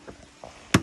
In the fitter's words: and you'll feel that top just kind of like lock into place.